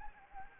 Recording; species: mosquito wingbeat signal from an infrared sensor; Anopheles arabiensis